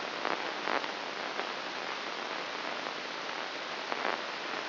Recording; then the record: brain microelectrode recording played as sound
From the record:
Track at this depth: inside the subthalamic nucleus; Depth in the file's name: 3.202 mm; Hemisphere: right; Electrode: 2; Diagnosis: Parkinson's disease